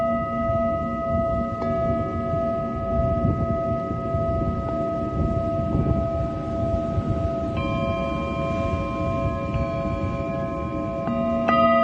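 Singing bowls ring in a sound healing session, their long sustained tones overlapping into a steady shimmering drone. New strikes enter around two, eight, ten and eleven seconds, adding bright ringing pitches above a low, gently pulsing hum that never fades out.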